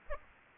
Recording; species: mosquito wingbeat signal from an infrared sensor; Aedes aegypti